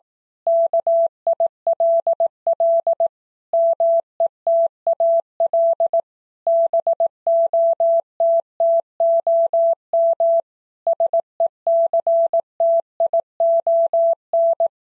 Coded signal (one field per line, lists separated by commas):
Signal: Morse code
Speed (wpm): 18 wpm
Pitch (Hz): 670 Hz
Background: none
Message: KILL METAL BOTTOM SECTION